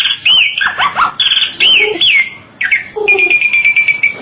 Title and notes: Jalak Bali 2. Kicau Burung Jalak